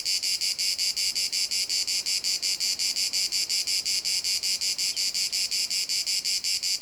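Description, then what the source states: Cicada song, a loud dry buzzing pulsed steadily about three times a second, with a steady hiss between pulses and no other sounds. Cicadas in a field at Domaine de la Sablière, Saint-Privat-de-Champclos, France; recorded with a Zoom H6 and M/S microphone.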